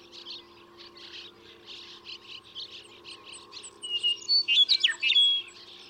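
Western meadowlark delivering a loud whistled, gurgling phrase in the second half, while other birds chirp steadily in the background.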